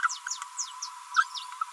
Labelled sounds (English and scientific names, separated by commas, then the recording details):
Green-rumped Parrotlet (Forpus passerinus) babbling
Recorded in a nest box in Venezuela
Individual 18B25A4